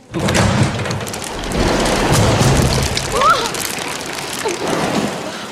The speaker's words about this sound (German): Ein heftiger Windstoß stößt ein Fenster oben über der Säulenhalle auf. Einige Hagelkörner fallen herunter auf die Gesellschaft, die sich durch den kleinen Zwischenfall nicht im geringsten stören lässt.